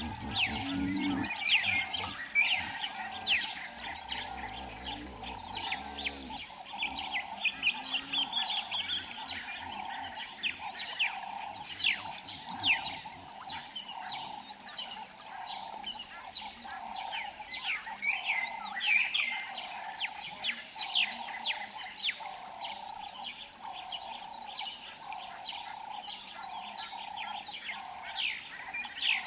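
A calm morning by a river in the savanna, with a steady high insect buzz and a low, evenly pulsing trill repeating throughout. Birds chirp and call busily over it, while a soft low rumble fades out in the first few seconds.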